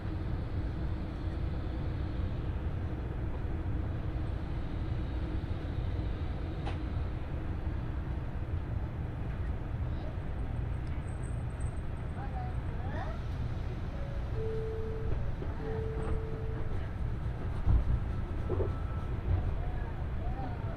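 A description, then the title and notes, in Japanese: A steady low rumble from the Nishi-Kyushu Shinkansen running from Nagasaki toward Saga fills the whole recording, dense and even. Faint speech and brief tones surface around the middle, including two short beeping notes near fifteen to seventeen seconds and a small knock near eighteen. 西九州新幹線 長崎→佐賀。西九州新幹線の全線通し、全駅停車の列車に乗って佐賀まで向かいます。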